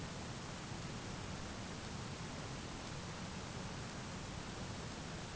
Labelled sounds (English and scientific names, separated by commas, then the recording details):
none
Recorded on Arctic tundra, site ZACK-1, on 12 June 2019
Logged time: 05:49